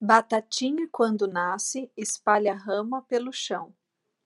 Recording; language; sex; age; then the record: short text; Brazilian Portuguese; female; 40 to 49 years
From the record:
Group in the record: control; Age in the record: 43 years